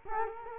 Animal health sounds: mosquito wingbeat signal from an infrared sensor; Culex quinquefasciatus

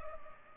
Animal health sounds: mosquito wingbeat signal from an infrared sensor; Culex pipiens

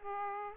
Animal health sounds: mosquito wingbeat signal from an infrared sensor; Aedes aegypti

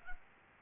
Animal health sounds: mosquito wingbeat signal from an infrared sensor; Aedes albopictus

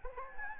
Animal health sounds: mosquito wingbeat signal from an infrared sensor; Anopheles gambiae

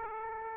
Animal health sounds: mosquito wingbeat signal from an infrared sensor; Aedes aegypti

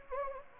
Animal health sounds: mosquito wingbeat signal from an infrared sensor; Anopheles gambiae

